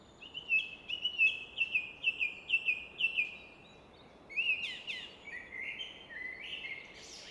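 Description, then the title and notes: Common nightingale singing a rapid series of repeated sharp notes, then a varied phrase of whistles and rich trills, over a steady broad rushing background. Evening song in Fläsch, Switzerland; rushing of the Rhine reflected off a rock face in background; recorded with Fostex FR2 and MKH 800. "Fläsch, Schweiz - Abendstimmung Nachtigall. Im Hintergrund wird das Rauschen des Rheins von einer Felswand reflektiert"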